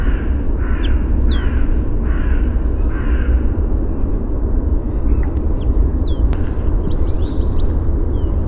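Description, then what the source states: Bird song and calls: thin, high descending whistles and short chirps, with a few harsh squawks near the start, over steady loud low rumble. Helsinki, 29 April 2013; song and calls.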